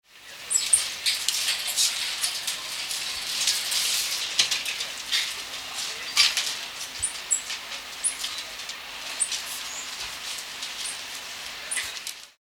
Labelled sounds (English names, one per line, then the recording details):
South American Coati
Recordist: Tembrock, Günter
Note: Kurzlaute eines Paares